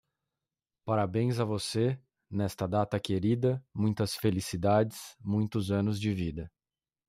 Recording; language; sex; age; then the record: short text; Brazilian Portuguese; male; 30 to 39 years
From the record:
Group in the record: control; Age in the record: 37 years